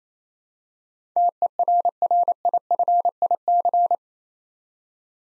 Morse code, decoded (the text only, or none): TERRIFIC